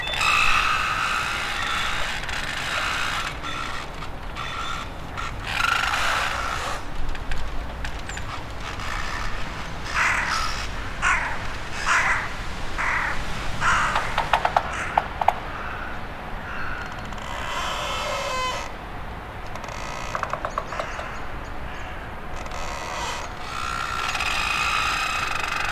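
Flagpoles creak and rattle in the wind, with steady whistling tones, scattered clicks and metallic ticks, and a constant low rumble beneath.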